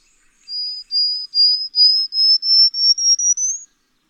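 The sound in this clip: Bird song: a series of thin, high whistled notes, each slightly higher than the last, speeding up gradually; no other sounds.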